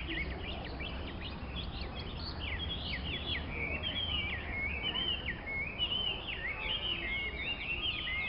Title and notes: China - caged songbirds singing. Dozens of caged songbirds sing in a quiet part of the Temple of Heaven Park in central Beijing, China. Oct 31 2006